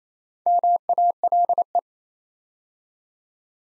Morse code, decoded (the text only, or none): MALE